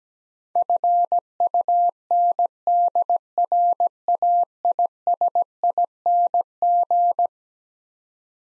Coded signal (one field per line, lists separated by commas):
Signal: Morse code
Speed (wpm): 17 wpm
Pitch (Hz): 700 Hz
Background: none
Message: FUNDRAISING